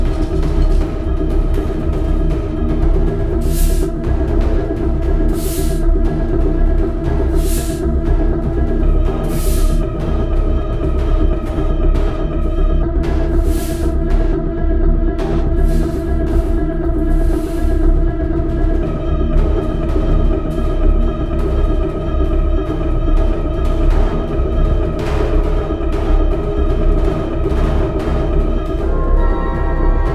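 Rubbing on an overturned bass drum rides over a dense, steady low synth pad, with hissing scrapes flaring up every few seconds.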